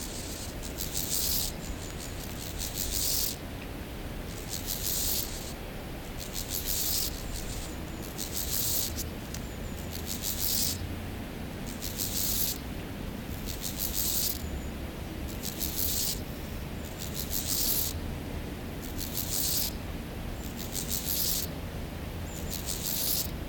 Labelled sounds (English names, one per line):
Steppe Grasshopper stridulation